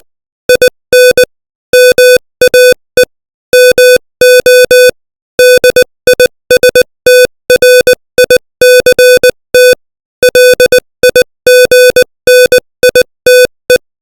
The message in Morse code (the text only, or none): IN MAE MO DISTRICT LIGNITE